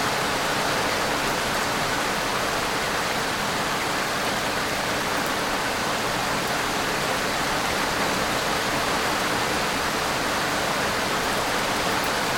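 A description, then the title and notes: Rain falls in a dense, unbroken hiss that stays level from start to finish, with no separate drops or gusts standing out. The sound sits mostly in the middle and upper range, bright, with little low rumble underneath. Soothing rain noises.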